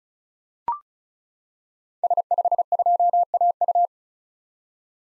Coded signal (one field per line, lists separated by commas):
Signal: Morse code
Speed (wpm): 36 wpm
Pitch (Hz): 700 Hz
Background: none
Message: S52AU